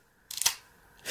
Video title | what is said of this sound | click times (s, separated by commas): 【VOLTES V】DX Soul of Chogokin VOLT IN BOX VOLTES V wotafa's review SUB | いうことによってねこれをすることによってロックがかかるわけですこれでね足への変形完了ボルト | 0.5 s